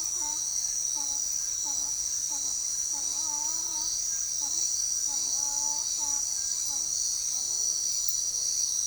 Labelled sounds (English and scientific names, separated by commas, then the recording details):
none
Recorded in forest near Pivijay, Magdalena, Colombia, on 6 June 2023 at 19:00
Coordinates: 10.467, -74.380
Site Z5-G034